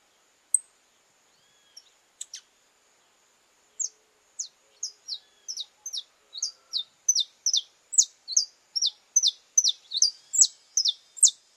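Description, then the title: Belgian canary song: after a few scattered high chips, a steady series of bright falling notes builds in loudness and continues to the end. "Canto Do Canário Belga Puro"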